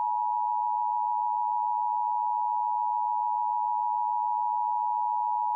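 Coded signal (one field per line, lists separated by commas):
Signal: Emergency Alert System (SAME) tones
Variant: 853 and 960 Hz attention tone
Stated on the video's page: Mock EAS alert using valid tones, simulated.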